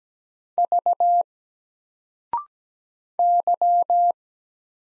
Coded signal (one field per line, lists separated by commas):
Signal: Morse code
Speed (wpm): 17 wpm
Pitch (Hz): 700 Hz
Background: none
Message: V Y